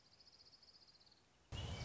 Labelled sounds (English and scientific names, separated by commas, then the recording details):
Orange-crowned Warbler (Leiothlypis celata)
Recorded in Sonoma County, California